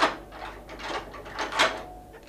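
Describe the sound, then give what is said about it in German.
A tower door is unlocked with keys and pulled open: a few rough, rattling scrapes and clunks in quick succession, ending with a faint, thin creak. No voices. “Ebenso leicht sprengt Belzebub die Tore des Himmels als du diese. Diese Schlüssel verlachen die Vorsicht der Hölle.”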